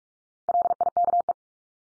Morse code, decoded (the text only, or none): LIKE